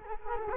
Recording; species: mosquito wingbeat signal from an infrared sensor; Culex quinquefasciatus